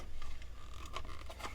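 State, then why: Not seated. The plastic body of a Hobby Plus 6x6 Flatbed RC crawler is handled and pressed toward its chassis mounts, making light plastic scraping and rustling with brief ticks near 0.2 s and 1.0 s over a low steady hum. The clip ends before the body goes home, so nothing has seated or snapped into place yet.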